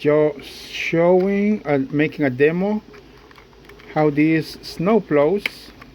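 Someone talks while handling a 3D-printed plastic snow-plough piece for a toy train near the plastic engine model it goes into, with a few faint handling ticks between phrases. Nothing has seated or clicked into the model yet.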